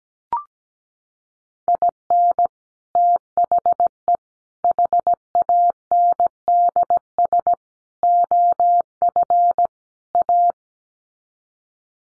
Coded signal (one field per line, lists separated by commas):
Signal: Morse code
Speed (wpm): 17 wpm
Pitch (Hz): 700 Hz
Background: none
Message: IN THE HANDS OF A